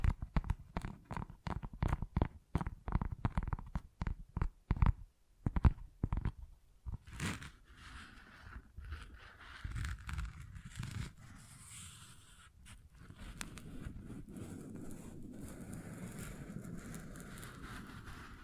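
Tapping and scratching textures, opening with a quick, fairly regular run of sharp taps through the first seven seconds. The taps then loosen into softer, scattered scratches, and after about thirteen seconds a steady, low, rumbling scratch fills the rest.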